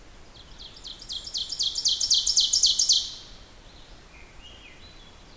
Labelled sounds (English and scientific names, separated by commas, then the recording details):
Ovenbird (Seiurus aurocapilla) song
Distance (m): 20 m
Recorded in boreal forest in Alberta, Canada, on 14 June 2016 at 06:01
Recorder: SongMeter 3, array SBT-3-33
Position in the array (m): 110 m, 18 m
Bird 21